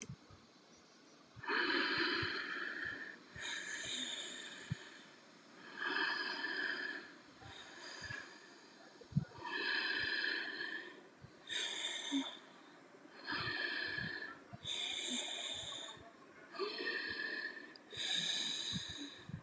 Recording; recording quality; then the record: deep breathing; excellent, no background noise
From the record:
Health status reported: healthy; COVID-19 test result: not tested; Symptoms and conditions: none ticked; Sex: female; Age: 40 years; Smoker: not ticked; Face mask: not worn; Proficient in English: yes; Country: India